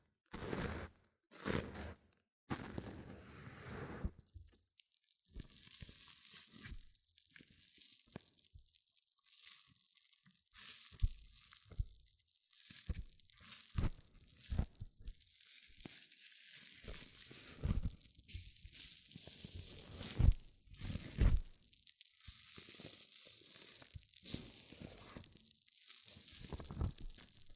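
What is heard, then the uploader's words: Hair mousse fizzes and crackles, a dense bright hiss full of tiny pops. The first few seconds bring several sharp bursts, likely the can spraying, then a steady crackling fizz with irregular soft crunches continues to the end. ASMR Extreme Fizzing Tingles Hair Mousse Sounds(No Talking).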